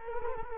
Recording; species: mosquito wingbeat signal from an infrared sensor; Culex quinquefasciatus